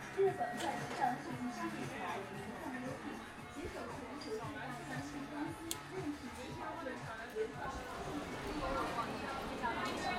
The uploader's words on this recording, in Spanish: Composición sonora de un viaje subterráneo por la ciudad de Shenzhen, China. Sintiendo sus vibraciones sísmicas, las voces ocultas de sus túneles e industria. Pieza realizada sin manipulación sonora, percibiendo la realidades perceptivas.